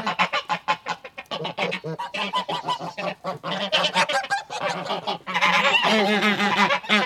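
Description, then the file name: Goose: geese calling in a noisy flock, quick repeated honks, growing louder and more continuous toward the end. Geese indoors. "Digiffects Sound Effects Library - Geese Indoors"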